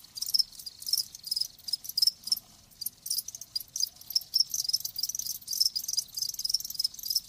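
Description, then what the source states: Cricket chirps in short bursts of shrill pulses, separated by brief quieter gaps. Live crickets chirping in a lulling song.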